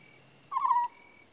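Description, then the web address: African scops owl uttering one brief rolling trill with a slight downward slide, set against faint steady background hum. "The BBC Sound Effects Library. African Scops Owl"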